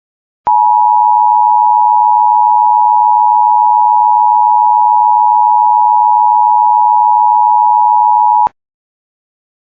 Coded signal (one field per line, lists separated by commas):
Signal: Emergency Alert System (SAME) tones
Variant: 853 and 960 Hz attention tone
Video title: My First Ever EAS Test Compilation! EAS Tests From Mid September 2025 (EAS 50-76) READ DESCRIPTION